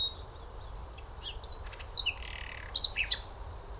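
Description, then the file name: Common nightingale song: soft scattered whistles and a brief buzzy phrase followed by sharp notes, fairly faint against steady background noise. "Luscinia megarhynchos"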